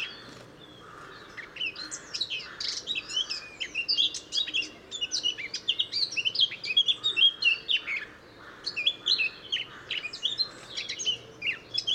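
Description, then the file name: Eurasian blackcap giving a long, varied warble of quick high chirps and trills. "Sylvia atricapilla"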